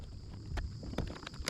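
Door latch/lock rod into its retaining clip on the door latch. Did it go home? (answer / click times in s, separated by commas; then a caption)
no / none. Door latch and lock rods are handled and fitted toward their plastic retaining clips on the door latch inside a Chevrolet Silverado truck door during a window regulator repair. A low rumbling background carries short, bright taps near 0.6, 1.0 and 1.3 seconds and a sharp hit at 1.5 seconds. No rod has clicked into its clip yet.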